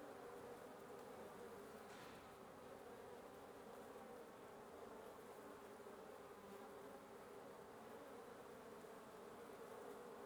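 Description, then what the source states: Wasp buzz forming a steady, thick hum of many insects, unbroken throughout, with a brief extra noise around two seconds. Wasp nest under the roof of the recordist's residence at 1a Avenida Norte 19, Antigua Guatemala, Guatemala; recorded in the morning.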